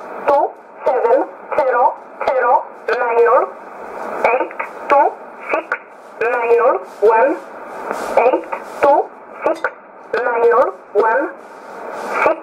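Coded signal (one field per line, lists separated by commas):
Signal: numbers station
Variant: E11 Oblique, English voice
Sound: short spoken words, roughly one per second, evenly spaced, in narrow radio voice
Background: radio static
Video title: 30 09 2018 E11 Oblique Numbers station in English to Eu 0808 on 9200 unknown tx site in USB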